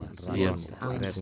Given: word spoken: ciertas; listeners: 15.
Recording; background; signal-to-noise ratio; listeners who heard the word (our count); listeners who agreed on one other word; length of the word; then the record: one Spanish word in noise, from a listening test; four-talker babble; -0.9 dB; 1 of 15; 6 of 15; 0.81 s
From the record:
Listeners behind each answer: 6, 2, 2, 2, 1, 1, 1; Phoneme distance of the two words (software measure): 47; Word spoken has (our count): 2 syllables, 7 phonemes, stress on syllable 1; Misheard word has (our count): 2 syllables, 6 phonemes, stress on syllable 1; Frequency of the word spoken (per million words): 59.67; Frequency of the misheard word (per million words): 858.00